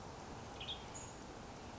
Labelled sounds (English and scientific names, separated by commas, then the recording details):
Western Tanager (Piranga ludoviciana)
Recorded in Sonoma County, California